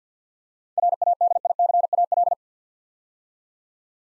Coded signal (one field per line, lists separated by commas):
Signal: Morse code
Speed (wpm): 47 wpm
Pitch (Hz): 700 Hz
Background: none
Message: RADICAL